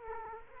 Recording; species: mosquito wingbeat signal from an infrared sensor; Culex quinquefasciatus